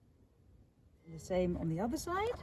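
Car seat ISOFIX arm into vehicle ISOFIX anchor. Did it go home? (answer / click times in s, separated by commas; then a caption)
no / none. The second ISOFIX arm of a rear-facing Avionaut Stardust car seat base is handled toward the car's metal ISOFIX anchor point. After about a second of quiet, someone talks. Nothing has seated or clicked yet.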